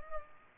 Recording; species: mosquito wingbeat signal from an infrared sensor; Culex pipiens